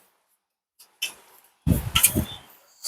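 A metal I/O shield plate is pushed fully home into the rear opening of a PC case so its remaining tabs snap in. Sharp clicks are heard at 1.0 s and 2.0 s, with a fainter tick just before and someone talking during the second half. The shield is confirmed seated.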